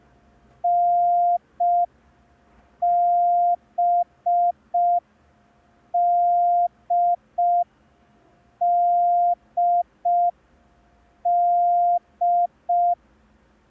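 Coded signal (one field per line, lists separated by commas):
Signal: Morse code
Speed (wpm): 5 wpm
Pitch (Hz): 700 Hz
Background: none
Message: NBDDD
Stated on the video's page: Morse code lesson, day 2 of a 10-day course.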